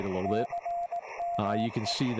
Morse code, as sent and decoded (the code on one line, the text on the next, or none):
-.-. -- .
CME